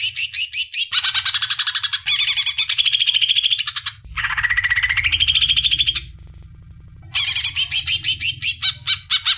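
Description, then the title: Leafbird song of fast rattling and warbling phrases with a brief pause near the end, over a low hum. "CUCAK IJO"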